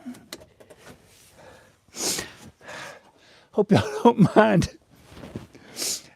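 A clip on the radiator assembly of a 2012 Silverado 6.0, fitted during a thermostat and radiator replacement, is pressed into place. A loud, sharp snap at 0.3 s shows the clip seating, followed by someone talking. The clip is confirmed snapped in.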